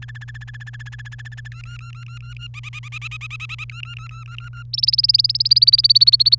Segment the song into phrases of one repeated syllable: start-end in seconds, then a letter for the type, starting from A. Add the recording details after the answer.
0.02-1.48 A, 1.52-2.47 B, 2.54-3.64 C, 3.70-4.63 B, 4.73-6.35 D. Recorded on 30 April 2018 at 15:30. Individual llb3